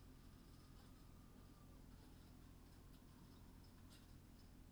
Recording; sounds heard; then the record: poultry house recording; healthy chickens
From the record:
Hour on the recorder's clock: 19